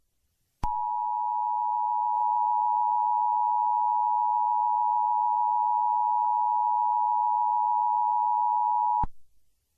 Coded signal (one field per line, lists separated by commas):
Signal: Emergency Alert System (SAME) tones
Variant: 853 and 960 Hz attention tone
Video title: EAS Scenario/Mock #16 - The Scissor Girl Attacks